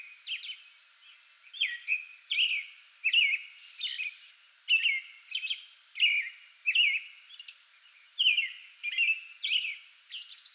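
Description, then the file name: American robin delivering a string of slurred whistled phrases, mid-pitched with high squeaky accents, quiet at first and then steady for the rest. Singing before dawn from a small tree in a front yard, 8 May 2022. "2022-05-08 American Robin pre-dawn singing from small tree in front yard"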